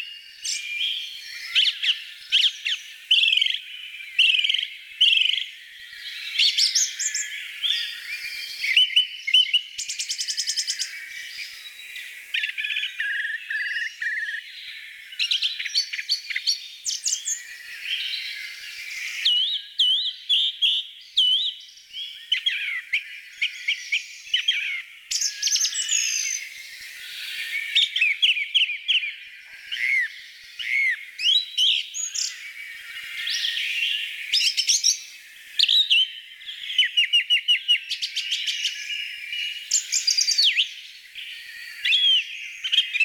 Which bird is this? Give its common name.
Song Thrush